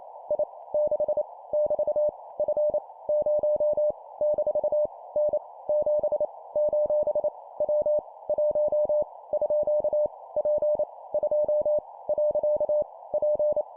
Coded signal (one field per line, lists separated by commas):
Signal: Morse code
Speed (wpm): 28 wpm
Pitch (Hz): 600 Hz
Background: none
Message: I 6 <BT> F 0 - N 7 : W 1 _ P 2 . P